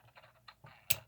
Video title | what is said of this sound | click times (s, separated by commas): Unpacking the diecast insanity #5 lots of hotwheels greenlight and more | Get a satisfying click sound when they shut. | 0.5 s, 0.9 s